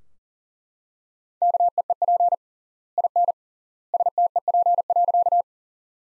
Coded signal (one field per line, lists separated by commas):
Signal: Morse code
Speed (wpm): 42 wpm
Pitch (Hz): 700 Hz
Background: none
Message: KEEP IN STEP.